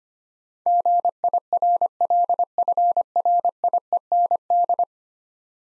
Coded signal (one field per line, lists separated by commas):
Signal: Morse code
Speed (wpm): 25 wpm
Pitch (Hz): 700 Hz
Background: none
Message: GIRLFRIEND